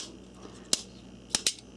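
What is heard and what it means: An extended base pad from an S&W M&P22 Compact 14+1 high-capacity magazine kit is slid onto the pistol magazine tube over the compressed spring retainer. It doesn't lock at first, so it is whacked a couple of times. Sharp clicks come at 0.7, 1.4 and 1.5 seconds as it snaps into place and seats.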